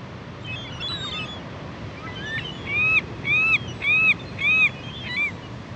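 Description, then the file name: California gull calls, four loud, squealing arched notes about half a second apart, with softer gull calls around them. "dan gibsons solitudes california gull"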